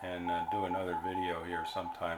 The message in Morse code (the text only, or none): GUD